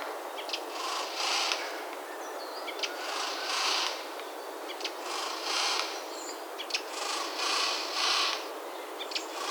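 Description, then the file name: Eurasian Jay giving harsh, rasping screeches, mostly in close pairs, repeated every couple of seconds, with a few faint short chirps between them. "Garrulus glandarius"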